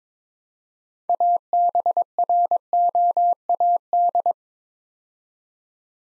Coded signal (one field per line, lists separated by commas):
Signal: Morse code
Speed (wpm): 23 wpm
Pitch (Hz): 700 Hz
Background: none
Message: ABROAD